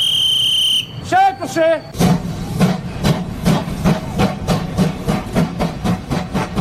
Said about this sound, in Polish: Jej serce zaczyna pracować, serce to kocioł, zaczyna ożywać, zaczyna syczeć, puszczać parę i widać, że ona jakby budzi się do życia po to, żeby prowadzić te piękne pociągi, nawet z dużymi prędkościami.